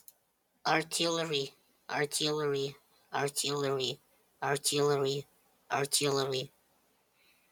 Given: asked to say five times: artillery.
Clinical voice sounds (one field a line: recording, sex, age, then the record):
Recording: repeated word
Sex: male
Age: 30 to 39 years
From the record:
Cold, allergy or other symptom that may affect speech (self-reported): no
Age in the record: 37 years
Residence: Pennsylvania, United States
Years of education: 12